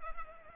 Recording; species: mosquito wingbeat signal from an infrared sensor; Culex pipiens